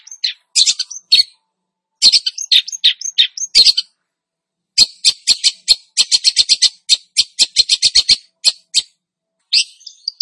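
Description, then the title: Long-tailed Shrike: bursts of harsh, high twittering, with a pause, then a fast, rattling sequence of clipped notes and a final squeaky phrase. Bird described as "gacor", Indonesian term for a bird singing vigorously and continuously. "Cendet Gacor 2"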